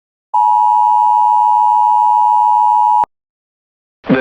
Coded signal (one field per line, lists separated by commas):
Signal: Emergency Alert System (SAME) tones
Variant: 853 and 960 Hz attention tone